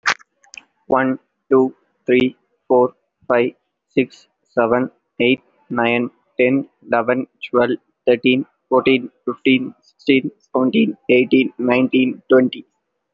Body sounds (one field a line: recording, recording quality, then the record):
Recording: counting at a normal pace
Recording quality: excellent, no background noise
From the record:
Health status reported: respiratory illness, not identified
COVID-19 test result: negative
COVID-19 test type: RT-PCR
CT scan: taken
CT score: 0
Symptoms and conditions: another respiratory illness, another condition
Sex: male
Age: 20 years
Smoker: no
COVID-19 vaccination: one dose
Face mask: worn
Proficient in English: yes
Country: India